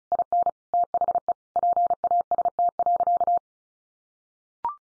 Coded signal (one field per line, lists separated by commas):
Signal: Morse code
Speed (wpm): 34 wpm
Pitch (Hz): 700 Hz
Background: none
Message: IN THE PAST.